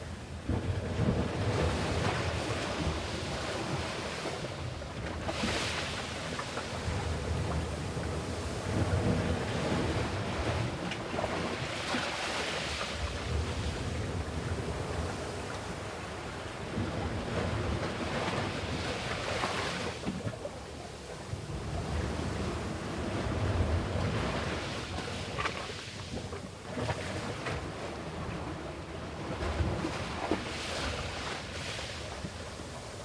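Gentle waves wash onto the shoreline in a steady, dense rush, swelling a little every few seconds, with brighter crests near 5, 12, 20 and 27 seconds. A low wind rumble sits underneath throughout.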